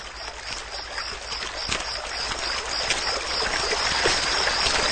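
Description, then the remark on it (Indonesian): River water flows in a steady, continuous rush with a soft hiss that never pauses, joined by a faint, thin high-pitched trill running throughout. The river runs beside a quiet road. No one speaks. “Hanya terdengar saja air mengalir dari sungai itu.”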